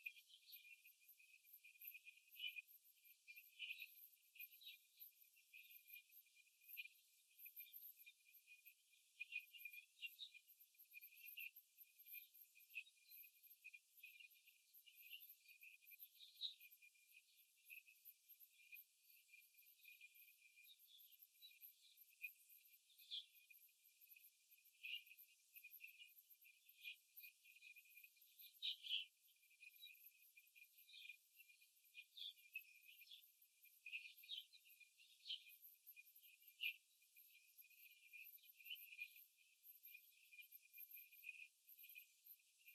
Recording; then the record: young laying hens in a cage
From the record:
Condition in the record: after the stressor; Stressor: simulated dog barking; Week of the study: 3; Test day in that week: 2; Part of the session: 3